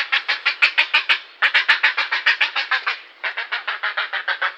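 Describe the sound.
Grey Heron calls, a harsh, grating series of rapid, evenly spaced clacking notes, about seven per second, repeated in three runs with brief breaks.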